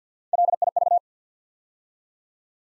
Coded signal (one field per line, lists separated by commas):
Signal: Morse code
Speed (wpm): 50 wpm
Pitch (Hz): 700 Hz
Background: none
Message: LIV